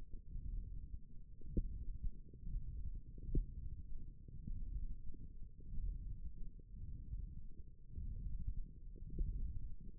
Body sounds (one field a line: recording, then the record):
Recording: forearm muscle sounds (acoustic myography)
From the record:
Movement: hook grip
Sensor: system 1, eight BSWA MPA416 microphones around the upper forearm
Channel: 1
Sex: female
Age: 22 years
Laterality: right